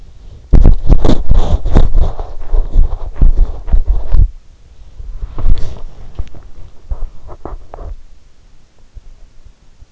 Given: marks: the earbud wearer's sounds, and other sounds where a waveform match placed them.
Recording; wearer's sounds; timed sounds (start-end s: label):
sounds in sleep by an in-ear microphone; teeth grinding, body movement
0.00-8.00 s: teeth grinding
0.00-8.00 s: body movement